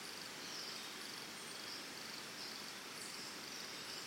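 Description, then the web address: Cricket trill, a steady shimmering high band over a dense background hiss. Early morning ambience in Costa Rica. "Big Room Sound Birds Crickets Costa Rica Early Morning"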